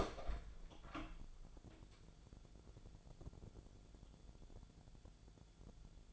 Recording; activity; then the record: daily activity, microphone in the room; open door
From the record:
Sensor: 5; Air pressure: 1000.6 hPa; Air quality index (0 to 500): 157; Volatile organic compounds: 2 ppm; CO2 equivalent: 1210 ppm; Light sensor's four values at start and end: 48/112/47/50 and 48/112/46/50